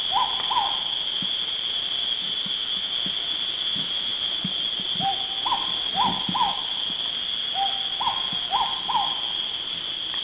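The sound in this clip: Philippine hawk-owl calling: short groups of two to four hooked, slightly rising notes, separated by pauses of several seconds, over a steady high shrill insect chorus.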